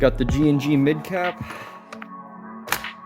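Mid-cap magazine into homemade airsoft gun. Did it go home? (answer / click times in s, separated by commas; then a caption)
yes / 2.7 s. A mid-cap airsoft magazine is pushed into a homemade airsoft gun built from a straw while someone talks over background music. Small clicks come at about 1.9 and 2.0 seconds, then a sharp, loud click at 2.7 seconds as the magazine locks into place.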